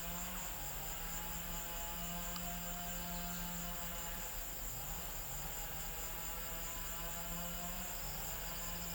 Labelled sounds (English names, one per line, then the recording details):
none
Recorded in pastures near Puerto Asís, Putumayo, Colombia, on 26 December 2024 at 15:00
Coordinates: 0.472, -76.329
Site G072